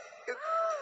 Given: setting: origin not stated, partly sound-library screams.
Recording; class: one-second piece from a danger detection set; woman in danger